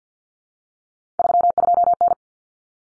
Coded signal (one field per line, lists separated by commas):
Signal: Morse code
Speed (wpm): 50 wpm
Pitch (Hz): 700 Hz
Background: none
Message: 32N